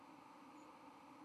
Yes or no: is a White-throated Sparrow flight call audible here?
no